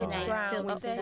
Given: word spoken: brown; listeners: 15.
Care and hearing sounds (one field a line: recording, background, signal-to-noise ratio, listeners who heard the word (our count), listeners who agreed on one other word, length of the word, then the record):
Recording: one English word in noise, from a listening test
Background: four-talker babble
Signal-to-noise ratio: 0.7 dB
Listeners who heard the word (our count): 3 of 15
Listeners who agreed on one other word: 6 of 15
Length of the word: 0.62 s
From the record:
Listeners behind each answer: 6, 3, 2, 1, 1, 1, 1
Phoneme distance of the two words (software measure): 17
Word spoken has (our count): 1 syllable, 4 phonemes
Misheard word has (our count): 1 syllable, 5 phonemes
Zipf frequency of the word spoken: 5.01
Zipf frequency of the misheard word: 5.19